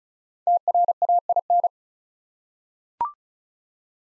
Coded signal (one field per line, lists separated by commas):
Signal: Morse code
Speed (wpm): 36 wpm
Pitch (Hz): 700 Hz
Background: none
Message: TRAIN